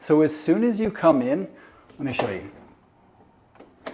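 Someone talks beside the smart lock on the front entry door of a steel-frame prefab home, then it goes quiet except for a faint tap at 3.6 s and a sharper one at 3.9 s as the door is handled. The lock has not engaged or clicked yet.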